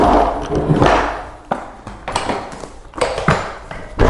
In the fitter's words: There it goes, and it just clicks in place up front.